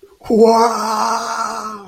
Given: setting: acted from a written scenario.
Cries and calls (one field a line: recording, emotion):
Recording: vocal sound without words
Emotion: awe